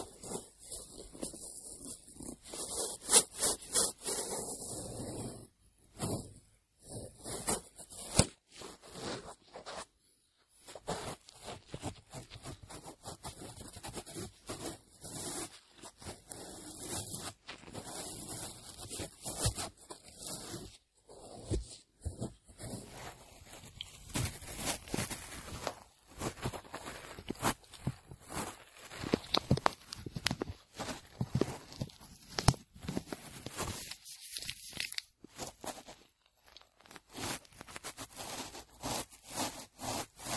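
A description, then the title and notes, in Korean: Ear cleaning, heard as dense, crackly scratching and rustling. The rubbing comes in quick, irregular strokes that run almost without a break, with brief silent gaps around 6, 10, 25 and 36 seconds. 귀청소.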